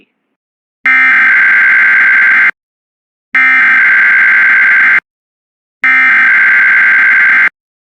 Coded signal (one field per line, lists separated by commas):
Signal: Emergency Alert System (SAME) tones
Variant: header bursts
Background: speech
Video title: DOUBLE HEARDER (EAS #206-207 Tornado Watches On WJON-IP